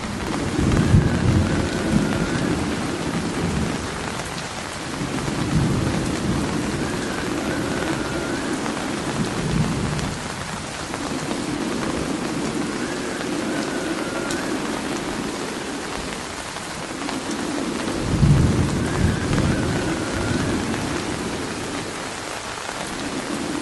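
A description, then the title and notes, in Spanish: Steady rain hisses across the whole clip, dense and even, with drops pattering. Low rumbling thunder rolls in repeated swells about every five seconds, deepest near the start and around eighteen seconds, while wind adds a soft moving whoosh underneath. Sonido de lluvia, truenos y viento. Es un sonido constante y uniforme.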